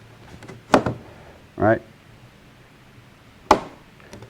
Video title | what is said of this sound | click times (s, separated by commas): Tips and Tricks: Securing Your Round Storage Hatch | right here that little click that little second click that click tells me that this seal | 3.5 s